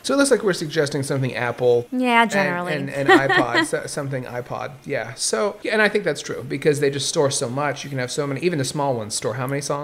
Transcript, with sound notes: So, it looks like we’re suggesting something Apple.
Yeah, generally. [Laughs]
And iPods, something iPod. Yeah, and I think that’s true, because they just store so much, you can have so many, and even the small ones store how many songs?